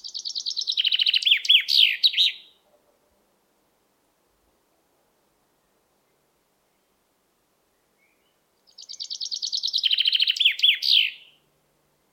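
A chaffinch sings two bright, rapid trilling phrases ending in a flourish, one at the start and another near nine seconds, with near silence between.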